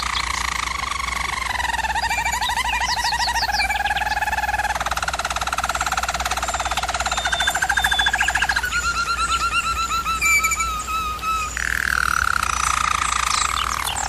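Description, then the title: German Roller canary song: several long rolling tours at shifting pitches, ending in a smooth whistled passage. Canary training recording of singing. "German Roller Canary Singing - Canary Training Vid"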